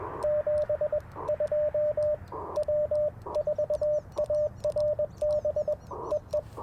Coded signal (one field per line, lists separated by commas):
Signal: Morse code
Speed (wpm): 21 wpm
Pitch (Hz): 600 Hz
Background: radio noise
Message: 72 W4ARB EE